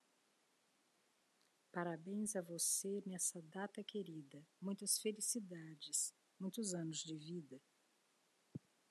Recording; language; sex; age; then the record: short text; Brazilian Portuguese; female; 60 to 69 years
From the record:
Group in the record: control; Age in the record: 61 years